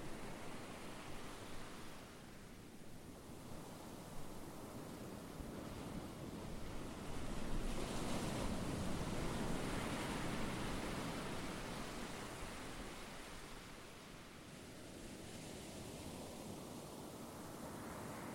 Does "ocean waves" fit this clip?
yes